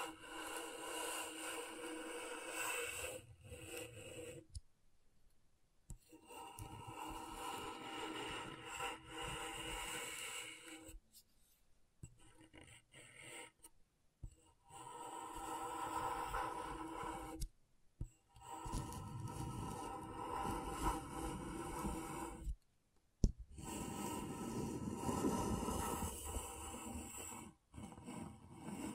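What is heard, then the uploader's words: Scratchboard being worked in rough scraping strokes of a few seconds each, gritty and bright, separated by brief silent pauses. ASMR Brain Tingling Scratchboard (No Talking).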